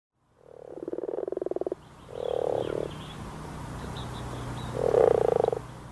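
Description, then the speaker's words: Common frog croaking: three low, rattling bursts, with a steady low hum in the background. Described as a croak. "croak, croak. That's the unmistakable sound of the common frog."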